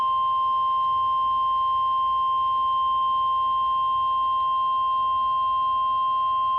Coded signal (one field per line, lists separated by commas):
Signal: Emergency Alert System (SAME) tones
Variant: 1050 Hz attention tone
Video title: NOAA Weather Radio - Special Marine Warning [EAS #157] (5/22/22)